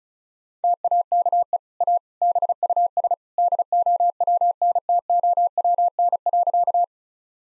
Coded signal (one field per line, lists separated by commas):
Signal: Morse code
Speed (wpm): 36 wpm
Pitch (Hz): 700 Hz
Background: none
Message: TAKE A BUS DOWNTOWN.